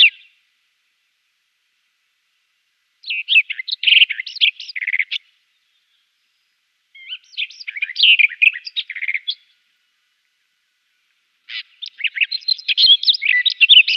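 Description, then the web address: Barred warbler song: the tail of one phrase, then three fast, chattering bursts of scratchy, warbled notes, each about two seconds long, separated by pauses of about two seconds. "Schulze Peter Barred Warbler song"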